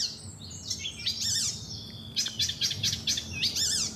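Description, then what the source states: Icterine Warbler song: varied high chattering and twittering phrases with quick trills, over a low background rumble. Listener's recording from De Wilgen, Friesland, who had not heard one for years; a mocking little trill in the song identified it.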